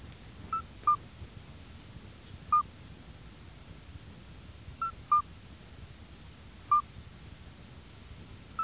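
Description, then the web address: Midwife toad piping: brief, clear whistled notes at two pitches, in scattered pairs and singles, over soft background hiss. "anfibios sonpartero"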